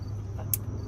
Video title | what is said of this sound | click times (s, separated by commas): How To Replace / Re-Install AC Compressor Honda Insight Gen 2 Hybrid 2009 2010 2011 2012 2013 2014 | until you hear that click | 0.5 s